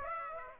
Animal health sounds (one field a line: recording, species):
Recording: mosquito wingbeat signal from an infrared sensor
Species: Aedes aegypti